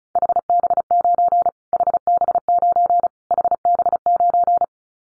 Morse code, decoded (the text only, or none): HB9 HB9 HB9